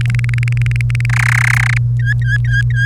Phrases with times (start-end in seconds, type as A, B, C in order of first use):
0.01-1.05 A, 1.09-1.78 B, 1.99-2.86 C